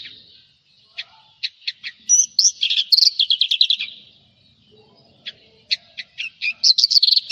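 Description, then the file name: Javan bush lark song: sharp high chirps, then a fast tumbling run of buzzy notes near the top of the range, a pause, and another rapid burst of twittering phrases. "suara burung branjangan jawa"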